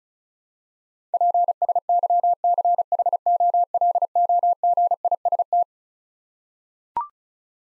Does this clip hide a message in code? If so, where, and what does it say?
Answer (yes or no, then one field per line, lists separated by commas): yes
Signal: Morse code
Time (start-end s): 1.1-5.6 s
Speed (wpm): 36 wpm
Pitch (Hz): 700 Hz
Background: none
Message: PSYCHOLOGIST